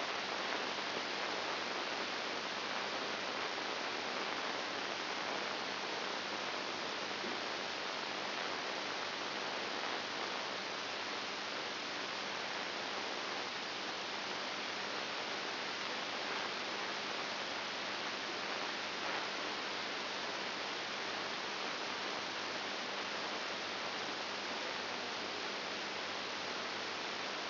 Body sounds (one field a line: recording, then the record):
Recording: brain microelectrode recording played as sound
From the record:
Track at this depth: inside the subthalamic nucleus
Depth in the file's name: 6.701 mm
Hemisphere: left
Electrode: 2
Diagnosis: Parkinson's disease